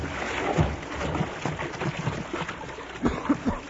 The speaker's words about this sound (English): he jumped into the river!